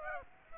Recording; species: mosquito wingbeat signal from an infrared sensor; Aedes aegypti